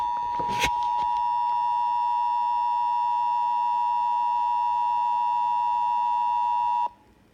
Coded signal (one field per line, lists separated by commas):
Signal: Emergency Alert System (SAME) tones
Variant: 853 and 960 Hz attention tone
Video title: EAS #86 Child Abduction Emergency